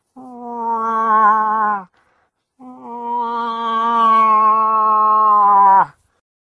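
Moose call: two drawn-out, nasal, harmonic moans, the first nearly two seconds long, the second over three seconds and growing louder before breaking off abruptly.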